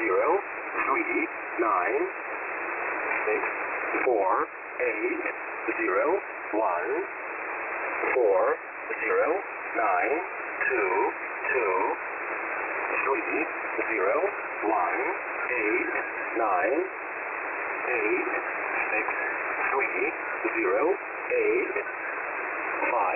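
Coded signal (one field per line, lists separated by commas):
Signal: numbers station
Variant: E07a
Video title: E07a On 5811 kHz USB February 25, 2021 05:50 UTC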